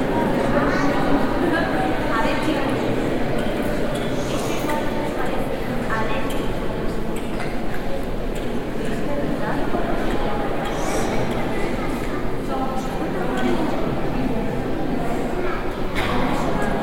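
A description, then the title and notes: A walk through spaces of Madrid's Reina Sofía Museum, filled with a steady, dense murmur of many overlapping voices. Scattered footsteps and small clicks rise now and then from the crowd chatter, and the level stays even from start to finish. Museo Reina Sofía, Madrid. This piece was the result of an individual "sound drift" through different spaces of Madrid's Reina Sofía Museum.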